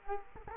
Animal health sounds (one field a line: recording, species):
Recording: mosquito wingbeat signal from an infrared sensor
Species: Culex quinquefasciatus